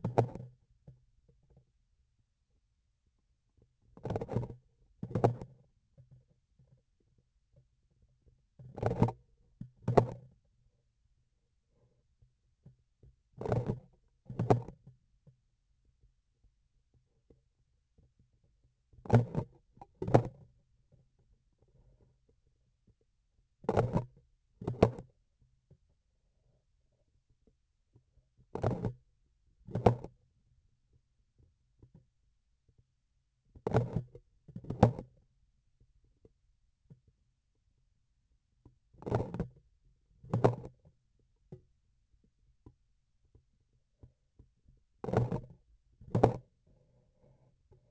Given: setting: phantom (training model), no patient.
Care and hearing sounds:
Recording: laparoscopic instrument, vibration sensor on the handle end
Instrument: grasping forceps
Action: opening and closing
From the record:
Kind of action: tool actuation without material contact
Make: other than Olympus

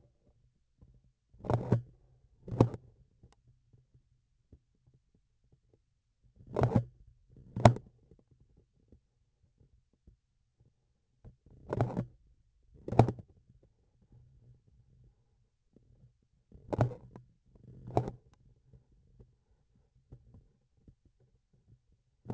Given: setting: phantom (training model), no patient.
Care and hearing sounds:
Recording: laparoscopic instrument, vibration sensor on the handle end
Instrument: grasping forceps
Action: opening and closing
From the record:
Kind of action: tool actuation without material contact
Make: other than Olympus

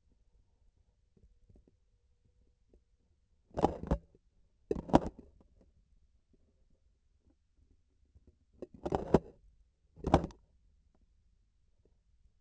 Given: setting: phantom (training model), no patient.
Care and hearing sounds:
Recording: laparoscopic instrument, vibration sensor on the handle end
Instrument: grasping forceps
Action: opening and closing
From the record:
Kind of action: tool actuation without material contact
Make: other than Olympus

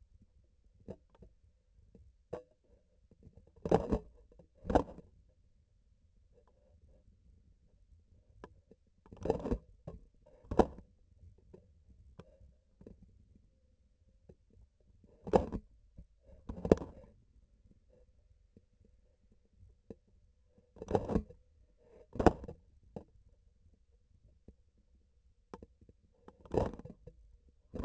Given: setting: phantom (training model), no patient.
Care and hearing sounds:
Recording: laparoscopic instrument, vibration sensor on the handle end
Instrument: grasping forceps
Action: opening and closing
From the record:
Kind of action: tool actuation without material contact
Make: other than Olympus

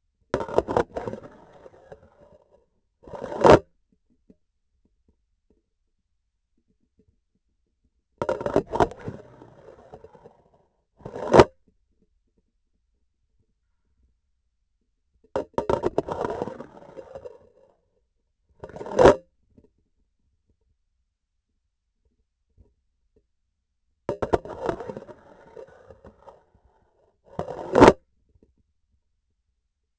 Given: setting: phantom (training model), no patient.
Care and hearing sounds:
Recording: laparoscopic instrument, vibration sensor on the handle end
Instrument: grasping forceps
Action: insertion and removal through the trocar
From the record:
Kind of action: spatial motion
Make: other than Olympus

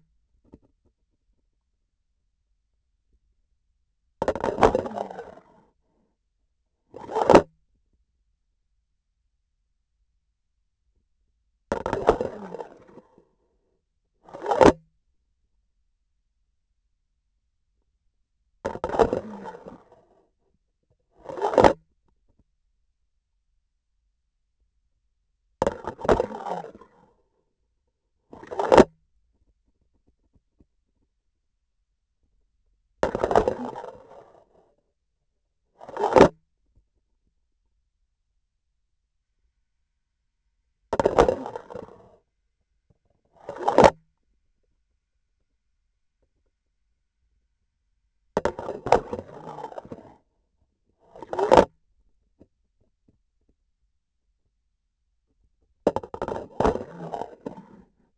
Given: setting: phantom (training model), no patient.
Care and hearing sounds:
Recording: laparoscopic instrument, vibration sensor on the handle end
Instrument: grasping forceps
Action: insertion and removal through the trocar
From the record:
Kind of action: spatial motion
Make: other than Olympus

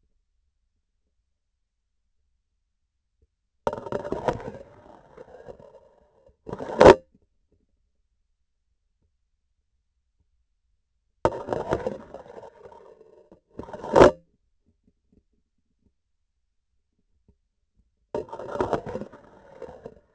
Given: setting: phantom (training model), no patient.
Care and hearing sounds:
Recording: laparoscopic instrument, vibration sensor on the handle end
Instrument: grasping forceps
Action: insertion and removal through the trocar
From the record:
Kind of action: spatial motion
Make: other than Olympus

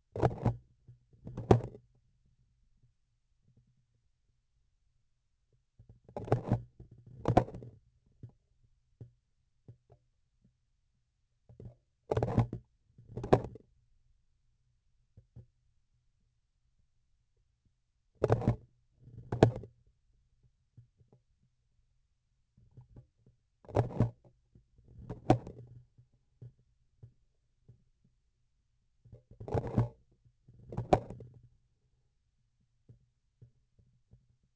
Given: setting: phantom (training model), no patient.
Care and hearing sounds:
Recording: laparoscopic instrument, vibration sensor on the handle end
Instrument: grasping forceps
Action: opening and closing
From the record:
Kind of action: tool actuation without material contact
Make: other than Olympus

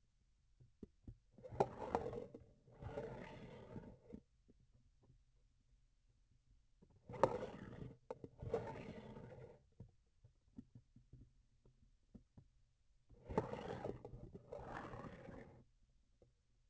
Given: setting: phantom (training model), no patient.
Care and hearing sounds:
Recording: laparoscopic instrument, vibration sensor on the handle end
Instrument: grasping forceps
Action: approaching and retracting movements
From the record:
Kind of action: spatial motion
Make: other than Olympus

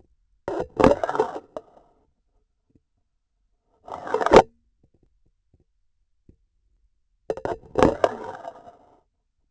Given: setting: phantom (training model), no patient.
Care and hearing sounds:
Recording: laparoscopic instrument, vibration sensor on the handle end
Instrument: grasping forceps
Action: insertion and removal through the trocar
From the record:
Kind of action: spatial motion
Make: Olympus

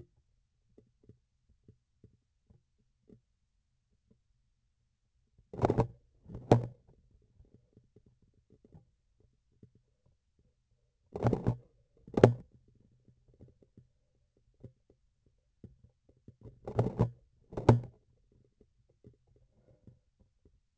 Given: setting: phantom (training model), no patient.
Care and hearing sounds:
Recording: laparoscopic instrument, vibration sensor on the handle end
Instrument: grasping forceps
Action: opening and closing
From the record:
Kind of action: tool actuation without material contact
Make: other than Olympus

